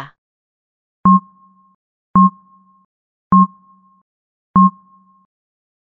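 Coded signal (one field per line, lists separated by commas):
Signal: none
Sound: story's sound-effect beeps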